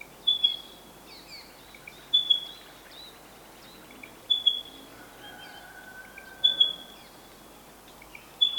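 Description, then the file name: Spotted pardalote calls: high thin piping notes repeated every two seconds or so, with a faint lower whistle midway and soft background hiss. "Pardalotus Punctatus"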